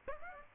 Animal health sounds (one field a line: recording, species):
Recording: mosquito wingbeat signal from an infrared sensor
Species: Aedes aegypti